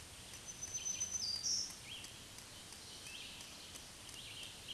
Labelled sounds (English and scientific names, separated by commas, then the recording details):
Black-throated Green Warbler (Setophaga virens) song
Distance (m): 20 m
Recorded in a Pennsylvania forest on 1 June 2023 at 07:01
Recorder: AudioMoth, point grid3_34_high
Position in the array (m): 220 m, 140 m